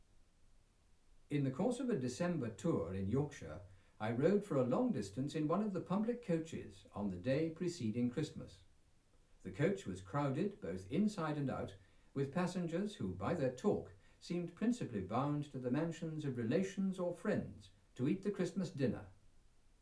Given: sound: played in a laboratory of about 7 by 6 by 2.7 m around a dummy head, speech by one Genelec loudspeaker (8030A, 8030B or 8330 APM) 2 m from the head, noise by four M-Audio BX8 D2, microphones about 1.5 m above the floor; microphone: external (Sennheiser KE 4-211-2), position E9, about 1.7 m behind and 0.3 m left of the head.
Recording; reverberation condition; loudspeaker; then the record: male speech in English; low; 90 degrees to the right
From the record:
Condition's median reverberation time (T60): about 310 ms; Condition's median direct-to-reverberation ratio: about 3.5 dB